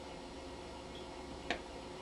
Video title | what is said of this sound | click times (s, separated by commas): MS PAOTP: Stained Glass 1 | So once you've got it, hold it, sink that into place, snaps right in, and for me, I do have to stand to punch this. | 1.5 s